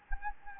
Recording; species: mosquito wingbeat signal from an infrared sensor; Anopheles gambiae